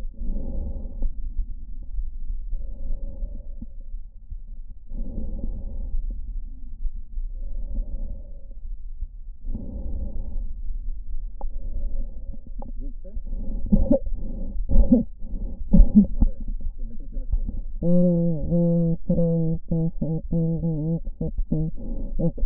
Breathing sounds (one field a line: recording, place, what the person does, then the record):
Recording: lung sounds by stethoscope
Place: right anterior apical chest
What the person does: quiet breathing, then cough and speech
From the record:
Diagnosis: interstitial lung disease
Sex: female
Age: 72 years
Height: 158 cm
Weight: 69 kg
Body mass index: 27.6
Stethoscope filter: diaphragm mode